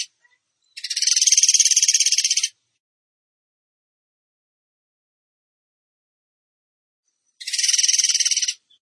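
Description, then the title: Bird song: two bursts of a rapid, buzzy, machine-gun trill, high-pitched and even, the first about two seconds long and the second shorter, separated by silence. Masteran training song in the tembakan gacor style. "Masteran Burung Tembakan Gacor"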